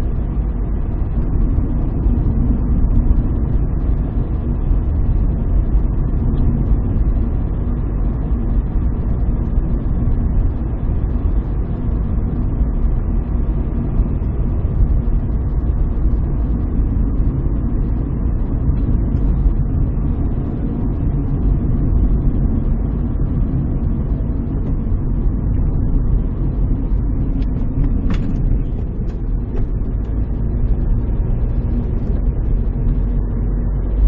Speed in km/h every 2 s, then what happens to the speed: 64, 63, 64, 64, 64, 65, 65, 64, 62, 61, 58, 56, 55, 50, 41, 48, 54.
0-17 steady at about 64. 17-28 slows to 41. 28-34 speeds up to 54.